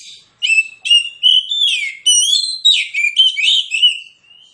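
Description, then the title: Oriental magpie-robin song, strong whistled phrases mixed with chattering buzzy notes, each burst separated by brief gaps. Kacer in fighting mood, persistent full-volume song; also presented as relaxed therapy song for magpie-robins reluctant to sing. "Kacer Langsung Tarung Konslet KACER NGOTOT FULL TEMBAKAN. Kicau Kacer santaiterapi Kacer males bunyi"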